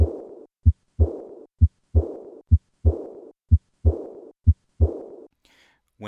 High-pitched, blowing, diastolic decrescendo murmur is heard along the left sternal border, it is typical of aortic regurgitation.